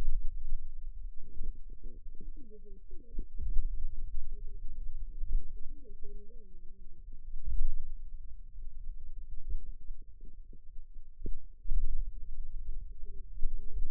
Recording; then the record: forearm muscle sounds (acoustic myography)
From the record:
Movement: pen grasping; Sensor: system 2, bracelet of six BSWA MPA416 microphones around the upper forearm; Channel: 1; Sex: female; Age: 21 years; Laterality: right